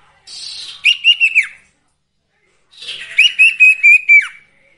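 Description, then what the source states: Sirtu song: two phrases, each opening with a soft buzz and followed by four or five ringing whistled notes, the last dropping away. Masteran (training) recording with the full range of song variations, used for training songbirds.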